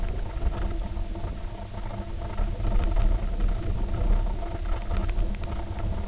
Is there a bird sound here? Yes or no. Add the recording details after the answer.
no. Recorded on Arctic tundra, site UTQI-0, on 19 June 2018. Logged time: 02:00